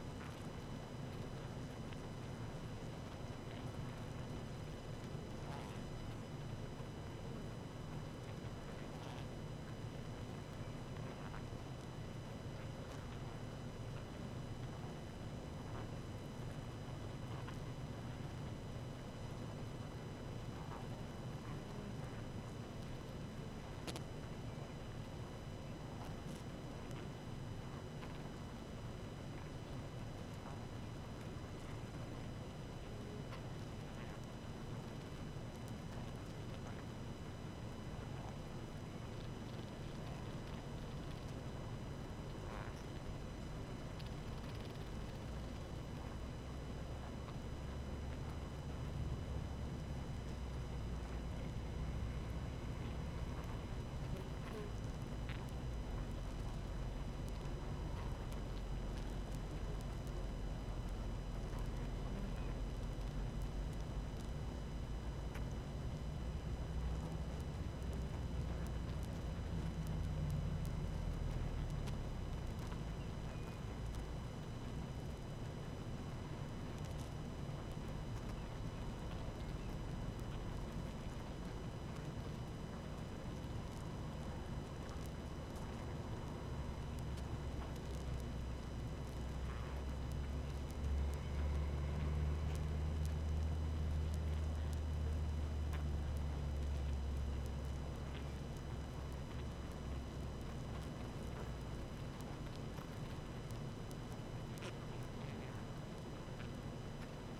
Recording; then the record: honeybee colony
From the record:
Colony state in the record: active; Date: 12 June 2018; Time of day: 18:17